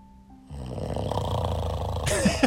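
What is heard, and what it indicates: A loud, low, buzzing snore from an adult, lasting over a second, followed briefly by a voice.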